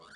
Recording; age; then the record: pig call; piglet (1 to 25 days)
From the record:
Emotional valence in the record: negative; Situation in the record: short isolation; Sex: female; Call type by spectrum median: low-frequency call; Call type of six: high-frequency stable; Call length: 0.17 s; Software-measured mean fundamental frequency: 288 Hz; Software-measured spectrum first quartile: 1118 Hz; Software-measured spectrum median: 1668 Hz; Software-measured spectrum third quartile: 3774 Hz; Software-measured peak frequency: 1490 Hz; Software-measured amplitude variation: 74 dB a second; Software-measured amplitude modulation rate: 21.2 a second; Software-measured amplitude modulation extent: 3.5 dB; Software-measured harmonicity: 3.4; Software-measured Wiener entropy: -2.26